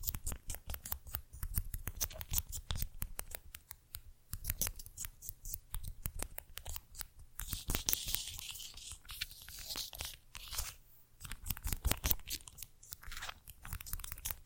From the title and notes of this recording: ASMR Tiny Mics - Mighty Tingles Mic Testing（No Talking）. Cork. Tiny bottles. Brushing.